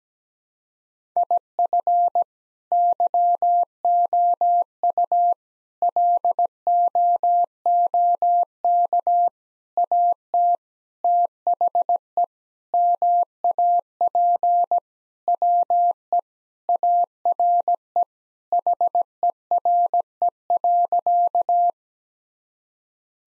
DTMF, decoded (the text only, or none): none